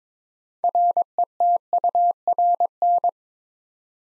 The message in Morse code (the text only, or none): RETURN